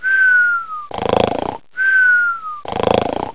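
Two snore cycles in just over three seconds. Each has a falling whistle followed by a rough, fluttering rattle, a stylized sound-effect snore.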